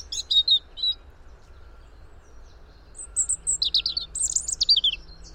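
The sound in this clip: European robin singing brief high sparkling notes, then after a gap a quicker run of thin, wavering twitters, with a low steady hum underneath.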